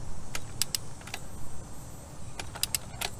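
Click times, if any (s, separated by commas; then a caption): none. A bolt is tightened on a BMW K1200R Sport motorcycle with a click-type torque wrench, heard as sharp, brief metallic ticks around 0.6, 0.8, 2.6 and 2.8 seconds over a low background rumble. The wrench has not clicked at its setting yet. The bolt is overtightened and the fastener is left not tight at all, suggesting the thread let go.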